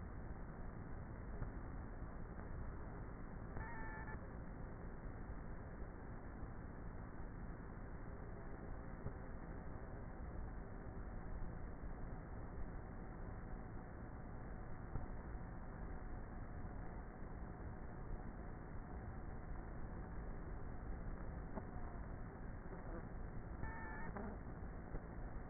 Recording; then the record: honeybee colony, microphone inside the hive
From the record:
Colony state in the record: queenless with a low population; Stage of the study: before two queens were removed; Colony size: about 30,000 bees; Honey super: no